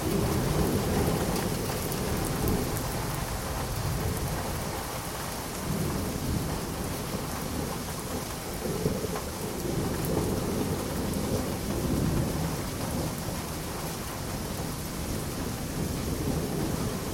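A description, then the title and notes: Rain falls steadily outside an open window, a dense, even hiss that spreads across the whole sound. Underneath, a low, rolling rumble of thunder swells and ebbs throughout, never breaking into a sharp crack, with the overall loudness staying nearly constant. Window Open During Light Thunderstorm.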